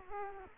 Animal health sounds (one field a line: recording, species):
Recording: mosquito wingbeat signal from an infrared sensor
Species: Culex quinquefasciatus